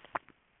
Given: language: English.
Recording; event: throat vibration sensor signal played as sound; swallow